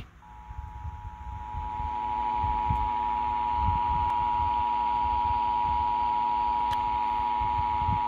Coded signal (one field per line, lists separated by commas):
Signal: Emergency Alert System (SAME) tones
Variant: 853 and 960 Hz attention tone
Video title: EAS #45: Tennessee Required Monthly Test || 6/9/21